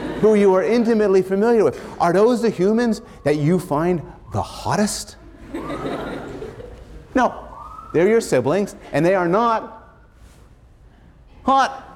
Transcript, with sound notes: who you are intimately familiar with? Are those the humans that you find the hottest? [laughter] No. They’re your siblings and they are not hot.